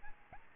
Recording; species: mosquito wingbeat signal from an infrared sensor; Aedes albopictus